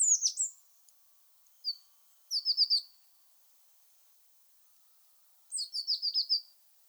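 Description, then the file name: Eurasian blue tit song in several short bursts of high thin notes and brief rapid trills, with pauses between. "Cyanistes caeruleus"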